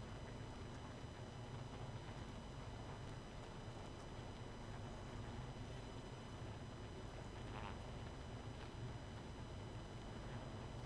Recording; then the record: honeybee colony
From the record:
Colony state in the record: missing queen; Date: 31 May 2018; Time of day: 23:59